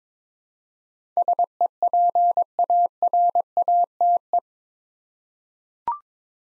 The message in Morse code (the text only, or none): SEPARATE